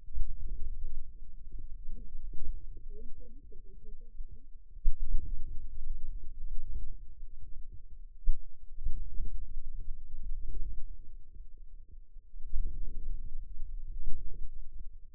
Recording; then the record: forearm muscle sounds (acoustic myography)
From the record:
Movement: outward rotation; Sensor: system 2, bracelet of six BSWA MPA416 microphones around the upper forearm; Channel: 1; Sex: female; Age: 21 years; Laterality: right